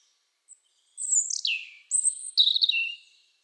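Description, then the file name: European robin singing a liquid, descending whistled phrase, then a high thin note and a fluttering warble that falls away at the close. "Erithacus rubecula"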